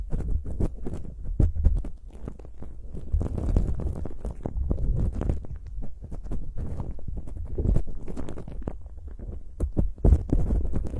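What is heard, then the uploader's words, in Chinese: Ear cleaning: a muffled low rumble runs the whole way through, overlaid with dense, irregular scratching and crackling strokes several times a second. Sharper taps and pops stand out around 1.5, 7.7 and 10 seconds. 掏耳朵。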